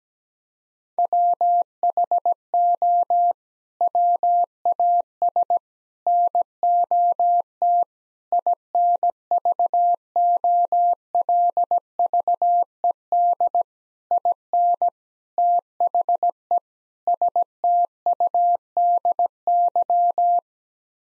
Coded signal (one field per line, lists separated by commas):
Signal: Morse code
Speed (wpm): 17 wpm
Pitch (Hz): 700 Hz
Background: none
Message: WHO WAS NOT INVOLVED IN THE STUDY